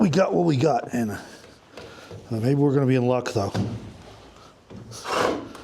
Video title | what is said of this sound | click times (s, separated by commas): DIY Rear Wall Build for Our Tiny Home Truck | All right. Yeah, that's stripped out. | 4.7 s, 5.6 s